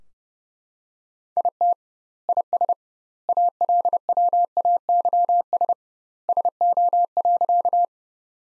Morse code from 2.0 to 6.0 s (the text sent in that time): IS ALWAYS